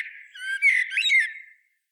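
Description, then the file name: Common blackbird uttering one short warbling phrase, lasting about a second and a half. "Turdus merula"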